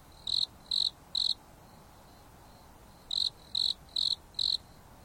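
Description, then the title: Insect song: three loud high chirps, a pause of nearly two seconds, then four more, over soft background hiss. Insects singing at night on a mountain top under a starry sky, with a gentle breeze blowing. "There is a gentle breeze blowing on the top of the mountain under the starry sky, and the insects are singing leisurely."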